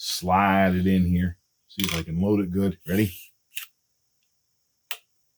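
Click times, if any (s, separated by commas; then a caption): 4.9 s. A crossbow bolt is slid into the crossbow, and its plastic capture nock snaps onto the bowstring with a sharp click at 4.9 s, seated in place as it's supposed to be. Someone talks first, and a softer short click comes at 3.6 s.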